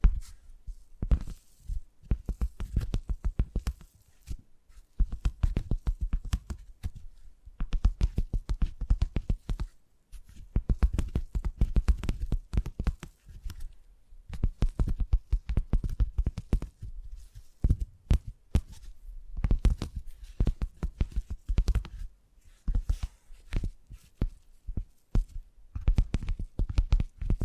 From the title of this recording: Brain Tingly Tapping Sounds